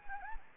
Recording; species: mosquito wingbeat signal from an infrared sensor; Anopheles gambiae